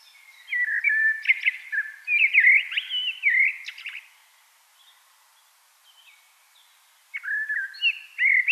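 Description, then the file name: Common blackbird singing rich fluty warbles with squeaky flourishes, a pause of about three seconds, then the next melodious phrase begins. "Turdus merula"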